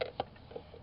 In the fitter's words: housing and it locks in place